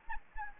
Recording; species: mosquito wingbeat signal from an infrared sensor; Anopheles gambiae